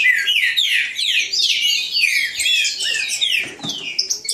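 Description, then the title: Green-winged saltator singing a rapid run of descending whistled notes. Green-winged saltator singing in the bush, in a song dispute with a free-flying wild bird. "Trinca Ferro NICÃ O No Mato Disputando Com Solto"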